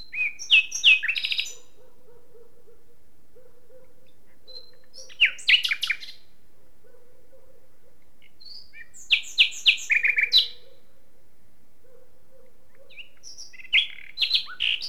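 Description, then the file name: Common nightingale song: several brief phrases of rapid clicking and whistled notes every few seconds, with a faint low steady hum beneath. "Luscinia megarhynchos"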